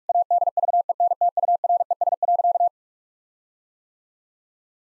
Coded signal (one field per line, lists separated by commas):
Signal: Morse code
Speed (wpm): 46 wpm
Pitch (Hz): 700 Hz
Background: none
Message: ADVENTURES.